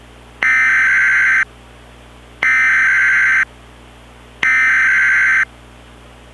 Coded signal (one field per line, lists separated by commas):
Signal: Emergency Alert System (SAME) tones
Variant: header bursts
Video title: EAS Mock #12: Tornado Emergency for Sacramento, CA